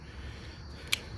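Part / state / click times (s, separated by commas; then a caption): folding bit driver arm in knife multi-tool handle / not seated / none. The bit driver arm of a Milwaukee folding knife multi-tool is swung into an intermediate position for turning, over a low background hum. A single sharp tick at 0.9 s comes from the arm moving, not from a lock click. The arm does not lock in that position, and nothing has clicked into place.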